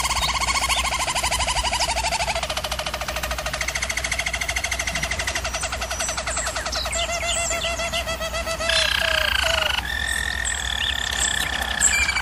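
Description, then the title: German Roller canary singing continuous rolled trills, moving through several distinct tours with quick pitch changes and brief whistled inserts, steady hum underneath. German Roller canary singing, for canary training. "German Roller Canary Singing - Canary Training Vid"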